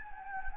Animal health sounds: mosquito wingbeat signal from an infrared sensor; Anopheles gambiae

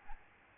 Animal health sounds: mosquito wingbeat signal from an infrared sensor; Aedes albopictus

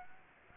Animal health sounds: mosquito wingbeat signal from an infrared sensor; Aedes aegypti

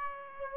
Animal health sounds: mosquito wingbeat signal from an infrared sensor; Aedes aegypti

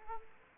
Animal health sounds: mosquito wingbeat signal from an infrared sensor; Aedes aegypti

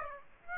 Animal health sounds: mosquito wingbeat signal from an infrared sensor; Aedes aegypti

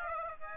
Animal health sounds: mosquito wingbeat signal from an infrared sensor; Aedes aegypti

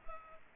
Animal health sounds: mosquito wingbeat signal from an infrared sensor; Culex pipiens

